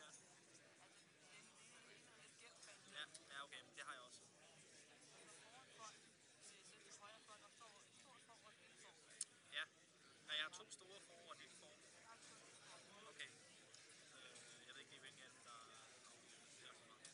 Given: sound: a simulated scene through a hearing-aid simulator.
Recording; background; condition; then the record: conversation; cafeteria; -4 dB SNR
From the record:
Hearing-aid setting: standard clinical setting (NAL); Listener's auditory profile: D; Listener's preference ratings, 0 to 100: 30, 29, 14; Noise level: 65 dB SPL